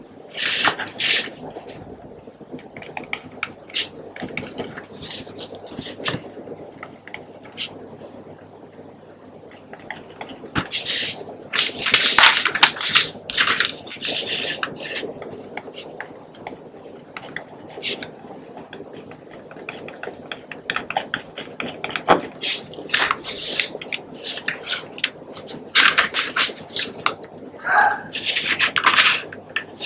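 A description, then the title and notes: Pen writing with scratchy strokes, taps and sharp clicks. The sounds come in irregular bursts throughout, busiest around twelve to fifteen seconds and again near the end, with brief pauses between strokes. Including pen writing, tapping, and clicking sounds.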